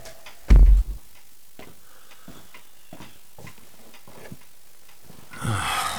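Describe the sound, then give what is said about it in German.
A clock ticks in a steady, even rhythm of soft clicks, broken by a heavy low thump early on and a broad rushing noise swelling up at the very end. “Diese Stille. Nur das Ticken der Uhr.”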